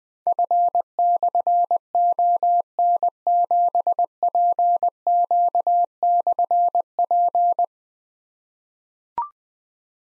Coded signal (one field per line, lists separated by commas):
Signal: Morse code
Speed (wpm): 20 wpm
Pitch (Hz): 700 Hz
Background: none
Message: F/ON7PQ/P